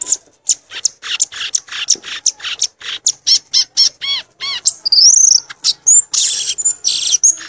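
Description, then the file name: Violaceous euphonia song: a fast, varied chatter of sharp high chips and buzzy notes, then thin rising and falling whistles near the end. "canto do gaturamo verdadeiro"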